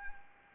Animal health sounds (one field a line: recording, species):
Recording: mosquito wingbeat signal from an infrared sensor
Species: Anopheles arabiensis